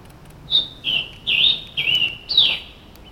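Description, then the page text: Scarlet tanager song, a series of five hoarse, buzzy notes rising and falling in turn, ending on a rough, slightly higher note. Recorded in Maryland, United States. "Maryland Biodiversity. Scarlet Tanager ( Piranga olivacea )"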